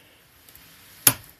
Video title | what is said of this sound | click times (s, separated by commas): Keel bolt torque | basically it's gonna work like any other torque wrench pretty soon there's your click so | 1.1 s